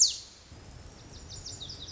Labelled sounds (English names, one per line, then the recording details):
Lazuli Bunting
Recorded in Sonoma County, California